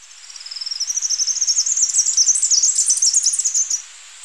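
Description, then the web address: Three-striped warbler song: a high, thin, rapid twittering series that swells in loudness, wavers up and down, then stops abruptly after about four seconds. Recorded in Ecuador. "Birds of Ecuador. Three-striped Warbler"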